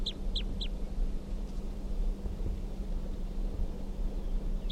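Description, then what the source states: Crossbill calls: three quick sharp chip notes at the start, then a pause and one more at the end, over a constant low hum. At five o'clock a wild female returned and called from a branch just above a caged bird.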